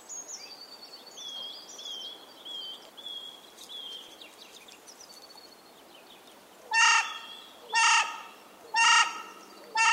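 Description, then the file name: Carrion crow delivering four coarse caws at steady one-second intervals, preceded by several seconds of light, thin high whistles and chirps. "Corvus corone"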